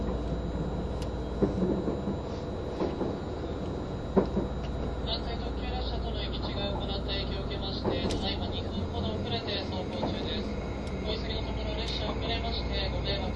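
Running noise of a moving vehicle, a steady low rumble that holds for the whole stretch with a thin, high whine sitting above it. Sharp knocks break through around 1.5, 3, 4 and 8 seconds, and faint voices murmur underneath.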